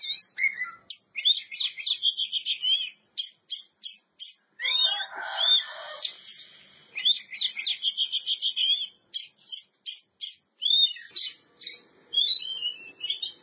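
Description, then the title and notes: Oriental magpie-robin song, sharp clipped notes repeated in rapid series, mixed with whistled phrases and a stretch of harsh scratchy sound. Champion singing bird. "Kicau Burung Kacer Juara. Suara Kicauan Burung Kacer Juara"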